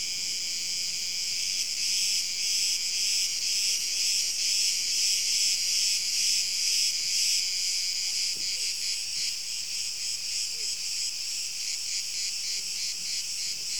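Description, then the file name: Crickets chirp in a steady, rhythmic high chorus, pulsing about twice a second throughout. "Grillen"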